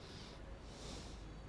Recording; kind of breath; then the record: one breath in and out by a microphone near the nose and mouth; normal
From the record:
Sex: male